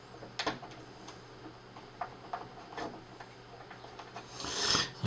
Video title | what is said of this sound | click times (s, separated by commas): Part 3 of the Trumpeter 1\200 HMS Hood build. Hull preparation. | they do actually click into place so that's not too bad actually | 0.4 s, 2.0 s, 2.3 s